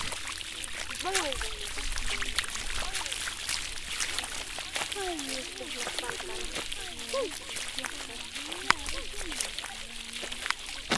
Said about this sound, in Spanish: Y estamos aquí en la laguna sintiendo los sonidos del agua. Y este... Y nos trampamos un poco nuestro pie para sentir cómo es el agua y cómo se siente, ¿no?, cuando uno se mete.